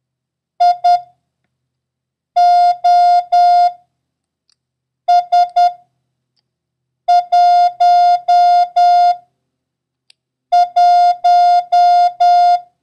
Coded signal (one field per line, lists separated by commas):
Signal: Morse code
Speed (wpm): 10 wpm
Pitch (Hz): 710 Hz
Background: none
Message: I O S 1 1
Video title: International Morse Code: Lesson 3